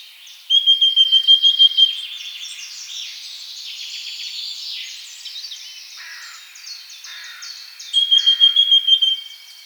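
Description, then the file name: Eurasian blackcap song: two loud runs of quickly repeated notes, with continuous softer warbling in between. "Sylvia atricapilla"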